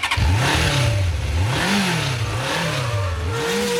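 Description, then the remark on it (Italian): An engine revs repeatedly, its pitch rising and falling in a steady wave about four times, loud and continuous with a rough, throaty tone and no voices. “Siamo quasi in chiusura, ma ci resta da parlare, come sempre abbiamo fatto in quest'estate, non abbandoniamo ancora per una settimana queste buone abitudini, visto che siamo in una fase calda, adesso i motori.”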